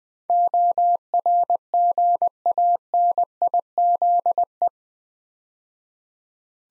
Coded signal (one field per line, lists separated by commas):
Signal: Morse code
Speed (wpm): 20 wpm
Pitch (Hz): 700 Hz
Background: none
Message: ORGANIZE